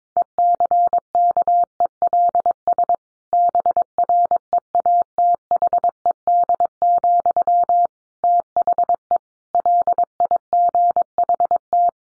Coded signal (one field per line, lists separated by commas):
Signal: Morse code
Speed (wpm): 22 wpm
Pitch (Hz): 700 Hz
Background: none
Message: ECKELS BREATHED, THE LIGHT